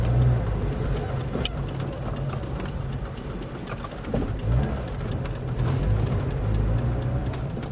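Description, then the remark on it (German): An old, nearly broken car's engine drones steadily with a low, rattling rumble as it drives along a city's barbed-wire fence, with a few knocks and clunks rising briefly over the continuous road noise. “Marjasow fährt uns mit seinem alten, fast kaputten Wagen am Stacheldrahtzaun der Stadt entlang.”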